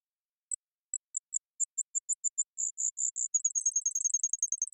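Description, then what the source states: Brewer's sparrow song: thin, very high notes spaced out, quickening into a rapid, slightly wavering trill at the end. Several males singing or counter-singing in a high subalpine sagebrush meadow, Okanogan Mountains; sagebrush steppe bird of North America; bubbling, tumbling song; clambers through sagebrush and flutters between low bushes.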